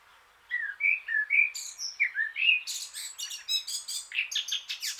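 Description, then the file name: Eurasian blackcap song: warbling whistled notes, then a burst of rich, fast, varied chattering phrases, delivered continuously. "Sylvia atricapilla"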